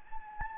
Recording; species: mosquito wingbeat signal from an infrared sensor; Anopheles gambiae